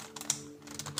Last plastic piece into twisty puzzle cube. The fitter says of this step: and there it is that is that is a puzzle